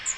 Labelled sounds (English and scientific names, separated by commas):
Magnolia Warbler (Setophaga magnolia) flight call